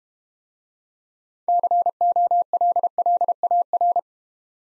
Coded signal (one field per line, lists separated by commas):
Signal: Morse code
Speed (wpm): 32 wpm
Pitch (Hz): 700 Hz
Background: none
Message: COLLAR